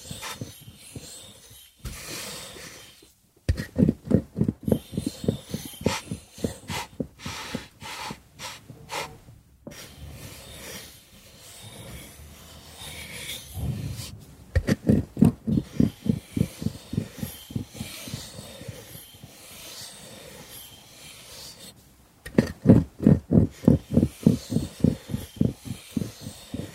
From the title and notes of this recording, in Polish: ZAŚNIJ PRZY DŹWIĘKACH DREWNA! ASMR po polsku.